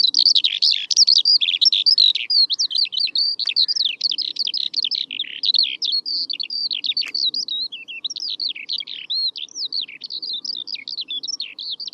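Eurasian Skylark singing nonstop, a rapid jumble of high twittering notes and short trills that runs for twelve seconds, with rising and falling slurs toward the end.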